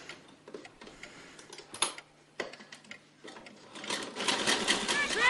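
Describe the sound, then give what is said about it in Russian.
A sewing machine operated by a young woman clatters in short, uneven bursts of quick mechanical ticking, then runs continuously, its rapid stitching rattle growing louder and steadier toward the end. “Молодая женщина, мама мальчика, вновь садится за швейную машину.”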